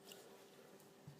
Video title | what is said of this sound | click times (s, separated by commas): Hot Wheels Star Wars Millennium Falcon (original trilogy version) | plug it in and hear that click and you're | 0.1 s